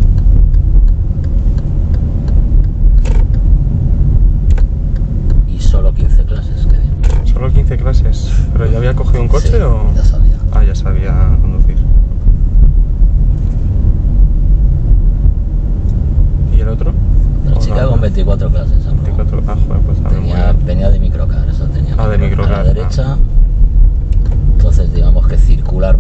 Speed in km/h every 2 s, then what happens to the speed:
25, 26, 24, 23, 22, 25, 26, 27, 26, 24, 24, 22, 22.
0-26 steady at about 24.